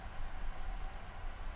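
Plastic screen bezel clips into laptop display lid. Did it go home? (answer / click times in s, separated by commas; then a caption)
no / none. The plastic screen bezel of an HP 2000-428dx laptop is pressed back onto the display lid, with pushing on the back and sides around the edge. Only a steady broadband hiss with low rumble is heard, with no sharp hits. Nothing has seated or clicked yet.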